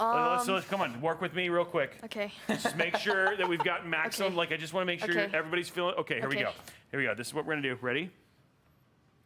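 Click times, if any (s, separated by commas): none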